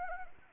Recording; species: mosquito wingbeat signal from an infrared sensor; Anopheles arabiensis